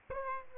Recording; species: mosquito wingbeat signal from an infrared sensor; Aedes aegypti